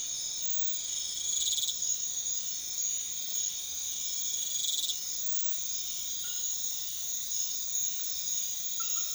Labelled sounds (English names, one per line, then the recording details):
none
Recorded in secondary vegetation near Puerto Asís, Putumayo, Colombia, on 28 February 2025 at 02:30
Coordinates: 0.500, -76.326
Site GP04